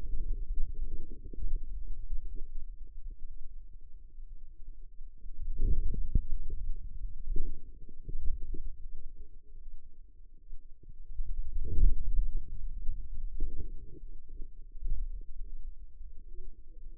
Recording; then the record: forearm muscle sounds (acoustic myography)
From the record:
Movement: hand closing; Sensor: system 2, bracelet of six BSWA MPA416 microphones around the upper forearm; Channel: 6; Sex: female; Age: 25 years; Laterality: right